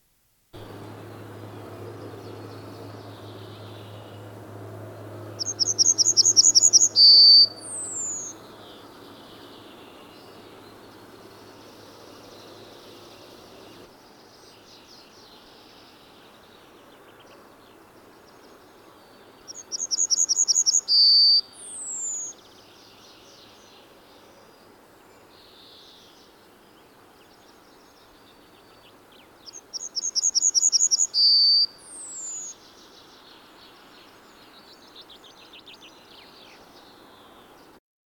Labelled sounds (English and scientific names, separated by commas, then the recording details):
Yellowhammer (Emberiza citrinella) song
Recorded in the wild
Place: Bergen, Mecklenburg-Vorpommern, DE
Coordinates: 54.44, 13.46
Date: 1975-05-03
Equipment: Nagra III BH, Sennheiser MD 21, parabola
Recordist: Schubert, Michael
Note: Gesang Goldammer